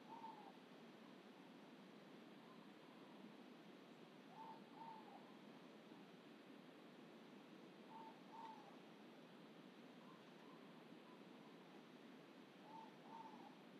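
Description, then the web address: Ivory-breasted pitta giving paired mellow whistles, a short note then a slightly longer one, the pair repeated about every four seconds over steady background hiss. Indonesia. "ULM-DS-Lab indonesian-bird-sounds. Pitta maxima"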